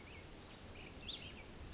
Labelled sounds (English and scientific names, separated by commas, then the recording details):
Cassin's Vireo (Vireo cassinii)
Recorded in Sonoma County, California